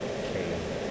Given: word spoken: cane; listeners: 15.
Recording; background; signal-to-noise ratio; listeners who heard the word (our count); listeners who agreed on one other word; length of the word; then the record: one English word in noise, from a listening test; speech-shaped noise; -4.7 dB; 1 of 15; 6 of 15; 0.51 s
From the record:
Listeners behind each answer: 6, 2, 2, 1, 1, 1, 1, 1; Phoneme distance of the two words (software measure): 10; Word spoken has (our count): 1 syllable, 3 phonemes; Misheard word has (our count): 1 syllable, 3 phonemes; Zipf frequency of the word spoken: 3.75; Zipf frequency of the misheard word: 4.19